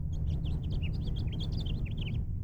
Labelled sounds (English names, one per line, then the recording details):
House Finch song
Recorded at Oceanside on Long Island, New York, on 17 June 1975
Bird E